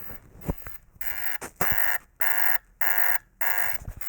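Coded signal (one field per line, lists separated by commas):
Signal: data over sound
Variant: Fluke 87 multimeter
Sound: harsh buzzing bursts repeating evenly, about four in two seconds, from a small speaker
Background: handling clicks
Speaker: And a funny part is this ultrasonic data output when you press the hold button while turning it on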